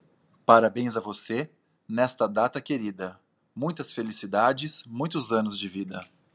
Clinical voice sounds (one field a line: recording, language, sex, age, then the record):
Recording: short text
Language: Brazilian Portuguese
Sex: male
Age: 40 to 49 years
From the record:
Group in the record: control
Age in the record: 43 years